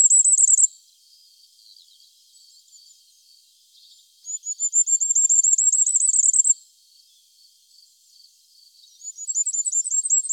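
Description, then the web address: Common firecrest singing three very high, thin phrases of rapid sharp notes, the full middle one swelling in loudness, with faint high twittering between bursts. "IVN Zangvogels. Vuurgoudhaantje"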